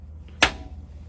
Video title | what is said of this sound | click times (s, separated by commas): 2022 Eagle HT 284BHOK Orientation | and press until you hear that click that's how you know it's in | 0.4 s